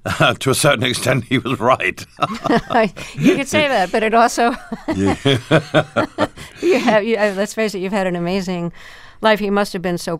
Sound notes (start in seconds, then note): 2.2 laughter; 4.4 laughter